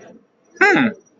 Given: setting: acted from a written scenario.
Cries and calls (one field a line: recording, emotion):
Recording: vocal sound without words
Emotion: interest